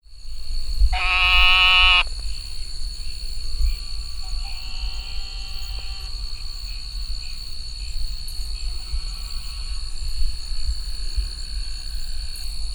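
Sheep frog giving one loud, nasal, bleating buzz about a second long, followed by fainter drawn-out tones, with a steady high whine throughout.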